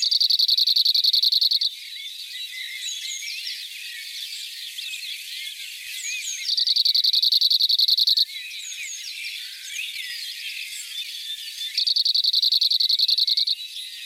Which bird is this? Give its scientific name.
Emberiza cirlus